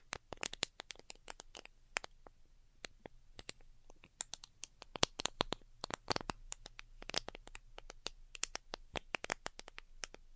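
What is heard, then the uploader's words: Delicate tapping in quick, irregular bursts of sharp, bright clicks, sometimes clustered, over a faint low hum throughout. ASMR DELICATE Tapping for Sleep (No Talking).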